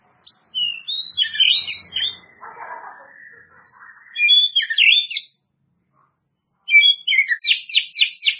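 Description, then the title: White-rumped shama song with fast sweeping whistled phrases and scratchy notes, ending in a quick series of sharp clicks. "murai batu"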